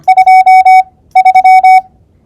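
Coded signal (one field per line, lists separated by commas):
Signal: Morse code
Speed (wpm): 25 wpm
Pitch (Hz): 750 Hz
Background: none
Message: 23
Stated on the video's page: Morse sent by squeeze keying in Ultimatic mode.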